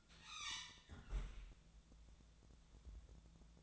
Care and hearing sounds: daily activity, microphone in the room; close fridge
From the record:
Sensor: 3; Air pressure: 1000.0 hPa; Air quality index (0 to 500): 132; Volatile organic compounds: 2 ppm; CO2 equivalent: 1180 ppm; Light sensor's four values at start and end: 43/109/46/51 and 43/109/46/51

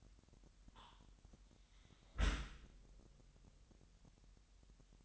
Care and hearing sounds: daily activity, microphone in the room; close dishwasher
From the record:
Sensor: 3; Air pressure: 998.3 hPa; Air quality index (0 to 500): 150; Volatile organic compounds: 5 ppm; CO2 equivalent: 1792 ppm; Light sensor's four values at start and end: 13/39/15/14 and 13/39/15/14

